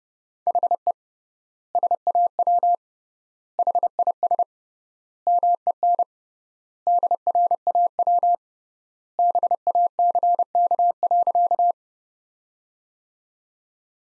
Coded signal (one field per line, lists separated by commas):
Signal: Morse code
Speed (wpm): 30 wpm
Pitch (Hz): 700 Hz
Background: none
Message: HE SAW HIS MEN DRAW BACK.